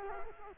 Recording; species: mosquito wingbeat signal from an infrared sensor; Culex quinquefasciatus